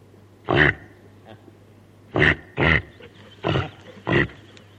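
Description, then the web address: Reindeer grunting calls, five short hoarse grunts, two of them in a close pair, over a steady low hum. Female reindeer (caribou) calling her calf. "sonidos del reno caribu la hembra del reno llama a su cria"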